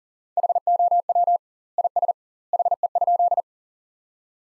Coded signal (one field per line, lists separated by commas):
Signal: Morse code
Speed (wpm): 40 wpm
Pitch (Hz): 700 Hz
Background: none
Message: HOW IS HE?